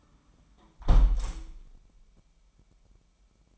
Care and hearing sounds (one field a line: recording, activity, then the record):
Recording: daily activity, microphone in the room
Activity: close window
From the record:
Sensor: 1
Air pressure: 998.6 hPa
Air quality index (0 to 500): 124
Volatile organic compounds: 3 ppm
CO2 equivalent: 1483 ppm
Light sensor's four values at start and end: 8/18/7/9 and 7/18/7/9